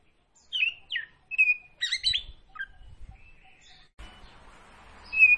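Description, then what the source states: Oriental magpie-robin: songbird giving scattered whistled and chattering notes with gaps between them, and some background noise. Referred to as kacer; described as gacor, in full song; Tretes.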